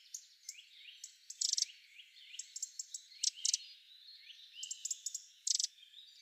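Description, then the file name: Eurasian wren giving high, thin chirps and sliding notes, broken by several rapid bursts of sharp, stacked ticking notes, repeated throughout. "Troglodytes troglodytes"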